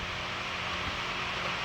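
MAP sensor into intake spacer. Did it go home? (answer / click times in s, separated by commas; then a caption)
no / none. A MAP sensor on a Ford F250 6.7, being replaced for code P0069, is set in position in the intake spacer port before being pushed home. Only a steady broadband hiss with a low hum is heard, with no sudden sounds. Nothing has seated or clicked yet.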